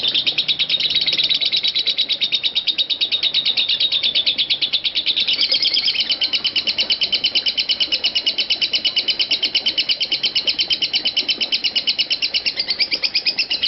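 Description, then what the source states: Lovebird chatter, long and continuous: dense, rasping high notes, busier early on, then settling into an even rapid rhythm. Lovebird singing in the style called konslet.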